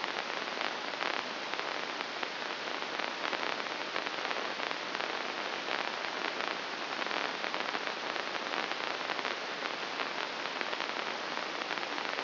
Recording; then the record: brain microelectrode recording played as sound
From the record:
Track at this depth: inside the subthalamic nucleus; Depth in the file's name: 2.006 mm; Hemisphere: right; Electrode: 2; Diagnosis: Parkinson's disease